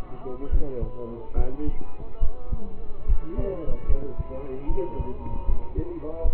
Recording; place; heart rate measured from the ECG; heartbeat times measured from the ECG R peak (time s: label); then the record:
heart sounds by stethoscope; between the tricuspid and mitral areas; 73 bpm
0.49 s: heartbeat
1.34 s: heartbeat
2.19 s: heartbeat
3.05 s: heartbeat
3.86 s: heartbeat
4.66 s: heartbeat
5.45 s: heartbeat
6.22 s: heartbeat
From the record:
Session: rest, lying down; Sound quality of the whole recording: partially saturated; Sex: male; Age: 27 years